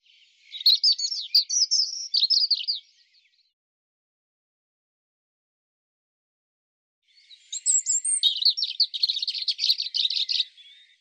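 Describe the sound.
European robin song: two high warbling phrases of rapid trills and twitters separated by a silent pause of several seconds, the second still going at the end.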